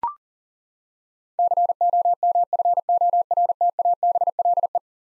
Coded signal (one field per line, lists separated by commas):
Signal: Morse code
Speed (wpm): 40 wpm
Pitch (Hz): 700 Hz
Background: none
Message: COMFORTABLE